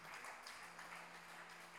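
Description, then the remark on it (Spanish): Audience applause at a cultural gathering in Salta, for writer Luis Brasil as he is named cultural ambassador of the Asociación Cultural América Nativa. A steady, dense wash of many hands clapping holds an even, fairly soft level throughout, with no voices over it. “Un aplauso grande por la humildad de Luis Brasil,”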